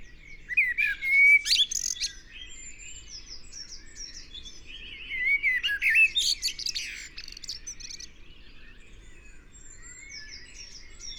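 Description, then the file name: Eurasian blackbird: two warbled fluting phrases ending in rapid shrill chatter, followed by several seconds of soft background birdsong. "Turdus merula"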